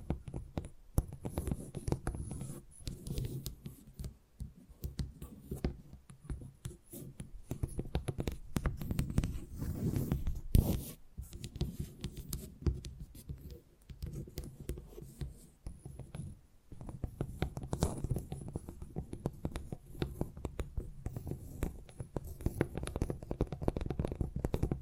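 Tingly tapping sounds made of dense, quick taps and scratchy brushing that keep up with little pause across the whole stretch. The sound is mostly low and soft, with brief quieter gaps near 3, 13 and 16 seconds and a sharp louder burst around 10 seconds.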